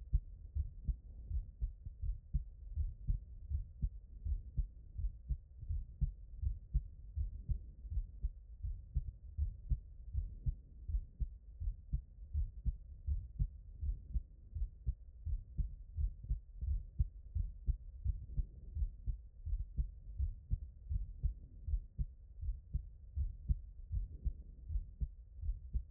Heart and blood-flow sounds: heart sounds by stethoscope; aortic valve (AV)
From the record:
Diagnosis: non-HFrEF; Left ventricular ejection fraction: 62%

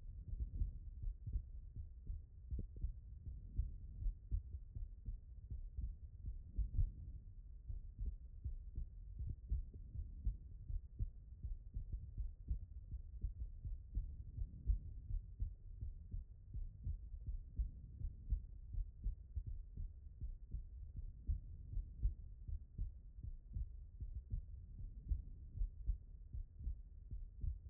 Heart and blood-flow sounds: heart sounds by stethoscope; pulmonary valve (PV)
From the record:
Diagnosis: non-HFrEF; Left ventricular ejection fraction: 72%

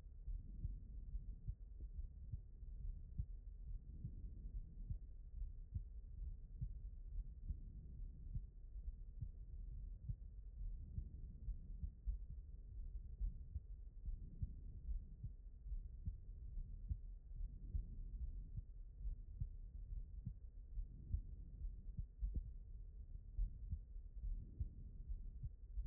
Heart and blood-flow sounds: heart sounds by stethoscope; aortic valve (AV)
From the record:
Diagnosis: non-HFrEF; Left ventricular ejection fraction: 74%

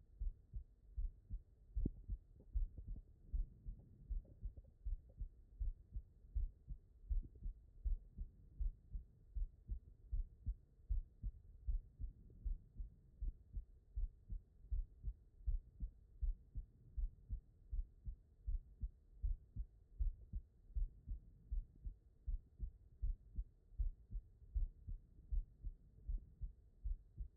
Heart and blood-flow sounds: heart sounds by stethoscope; pulmonary valve (PV)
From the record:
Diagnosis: non-HFrEF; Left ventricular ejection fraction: 66%

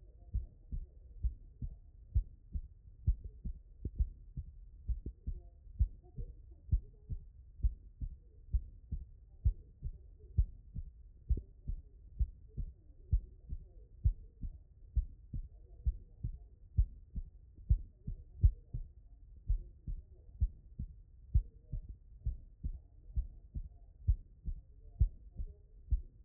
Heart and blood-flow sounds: heart sounds by stethoscope; tricuspid valve (TV)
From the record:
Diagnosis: non-HFrEF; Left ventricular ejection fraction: 61%

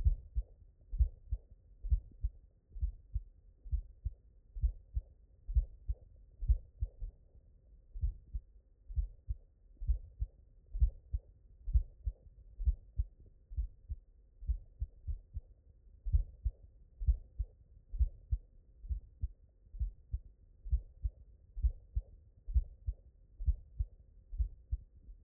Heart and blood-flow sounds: heart sounds by stethoscope; mitral valve (MV)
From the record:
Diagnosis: non-HFrEF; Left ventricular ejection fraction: 58%

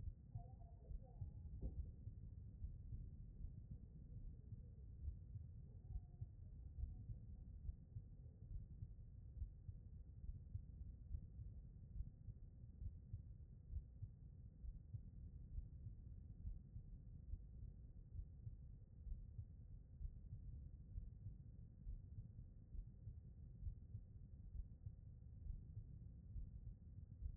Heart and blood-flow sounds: heart sounds by stethoscope; aortic valve (AV)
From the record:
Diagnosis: non-HFrEF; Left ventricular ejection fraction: 64%

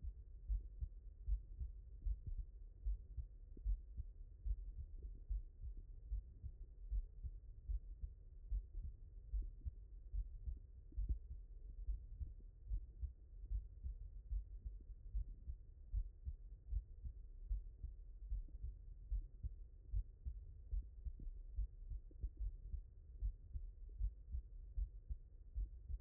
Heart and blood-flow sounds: heart sounds by stethoscope; mitral valve (MV)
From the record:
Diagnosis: non-HFrEF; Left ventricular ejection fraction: 62%

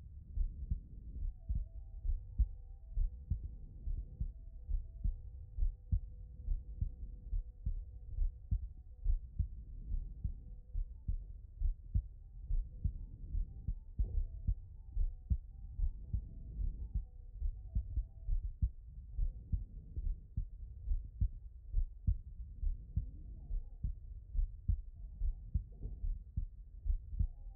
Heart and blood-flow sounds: heart sounds by stethoscope; pulmonary valve (PV)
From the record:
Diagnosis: non-HFrEF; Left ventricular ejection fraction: 55%

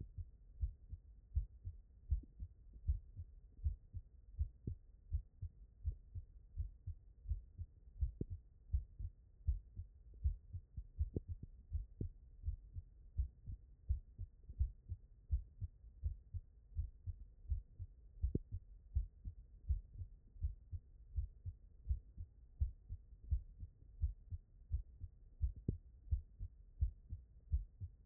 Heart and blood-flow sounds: heart sounds by stethoscope; tricuspid valve (TV)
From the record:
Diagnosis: non-HFrEF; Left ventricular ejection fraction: 62%

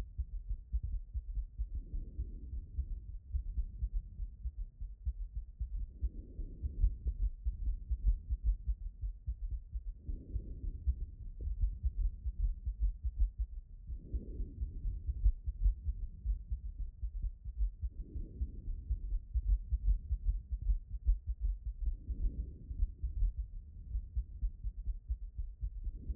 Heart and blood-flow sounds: heart sounds by stethoscope; aortic valve (AV)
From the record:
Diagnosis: HFrEF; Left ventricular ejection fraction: 22%

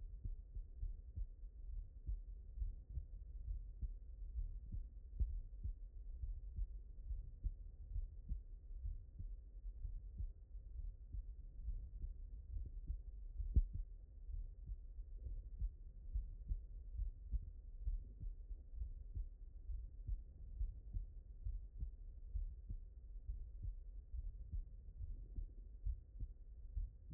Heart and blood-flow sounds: heart sounds by stethoscope; mitral valve (MV)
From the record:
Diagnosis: non-HFrEF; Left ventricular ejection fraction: 69%

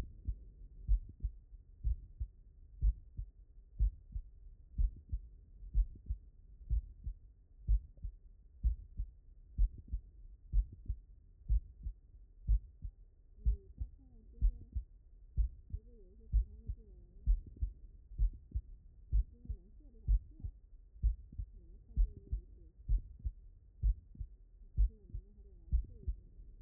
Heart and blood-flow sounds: heart sounds by stethoscope; mitral valve (MV)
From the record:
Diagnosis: non-HFrEF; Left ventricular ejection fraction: 65%

